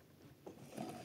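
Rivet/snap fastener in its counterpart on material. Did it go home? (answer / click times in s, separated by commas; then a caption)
no / none. Someone handles a rivet or snap fastener in its counterpart on the material, redoing the setting to check whether it was done wrong the first time. Quiet low rustling gives way to soft handling sounds from about 0.5 s that grow a little louder toward the end. Nothing has seated or clicked yet.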